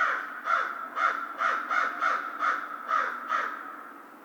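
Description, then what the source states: American crow in a rapid series of about eight hoarse caws, two to three per second, steady and rhythmic. Recorded 2010-03-02.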